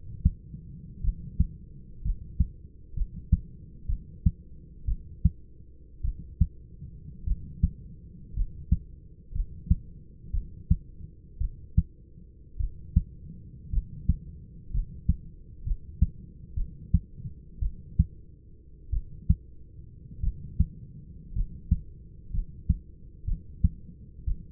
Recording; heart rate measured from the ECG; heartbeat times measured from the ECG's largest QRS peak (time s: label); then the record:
heart sounds by stethoscope; 57 bpm
1.02 s: heartbeat
2.02 s: heartbeat
2.94 s: heartbeat
3.87 s: heartbeat
4.86 s: heartbeat
6.02 s: heartbeat
7.25 s: heartbeat
8.34 s: heartbeat
9.33 s: heartbeat
10.31 s: heartbeat
11.39 s: heartbeat
12.58 s: heartbeat
13.71 s: heartbeat
14.71 s: heartbeat
15.64 s: heartbeat
16.55 s: heartbeat
17.60 s: heartbeat
18.91 s: heartbeat
20.21 s: heartbeat
21.33 s: heartbeat
22.31 s: heartbeat
23.25 s: heartbeat
24.25 s: heartbeat
From the record:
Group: healthy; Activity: cold pressor test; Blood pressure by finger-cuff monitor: 115/49 mmHg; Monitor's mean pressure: 71 mmHg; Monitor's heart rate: 56 bpm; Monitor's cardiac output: 6.6 L/min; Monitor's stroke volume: 119 mL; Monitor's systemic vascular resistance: 790 dyn s/cm5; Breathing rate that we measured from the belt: 9 breaths a minute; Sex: male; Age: 25 years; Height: 170 cm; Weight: 70.4 kg